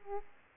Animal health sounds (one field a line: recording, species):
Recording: mosquito wingbeat signal from an infrared sensor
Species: Aedes aegypti